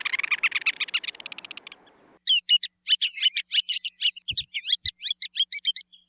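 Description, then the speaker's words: Ruddy turnstone calls: a fast rattling chatter at first, then a pause and a string of sharp, clipped kek notes with two soft low thumps. Hawaiian name akekeke resembles the call, which sounds a bit like kekekeke. "Their Hawaiian name, Akekeke, is similar to their call, which sounds a bit like kekekeke."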